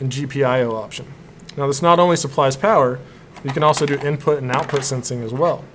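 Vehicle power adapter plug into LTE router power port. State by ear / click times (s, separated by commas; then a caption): not seated / none. A man talks throughout while a vehicle power adapter plug is handled at the power/GPIO port of a Cradlepoint IBR900 Series LTE router. Nothing has seated or clicked yet; the plug has not gone home by the end.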